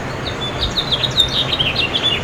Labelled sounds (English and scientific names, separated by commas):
House Finch (Haemorhous mexicanus) song